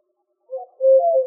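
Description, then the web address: Eurasian collared dove call, a short soft note followed by a longer steady hollow coo, low-pitched and clear. Arizona, United States; 14 March 2007. "Doves AZFO ECDO 031407. deviche"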